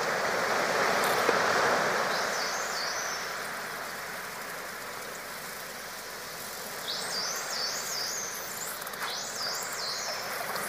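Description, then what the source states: Dolphin whistles: a short undulating high whistle early, then quiet hiss, then repeated wavy whistles rising and falling toward the end. Underwater dolphin sounds, dolphins communicating with each other.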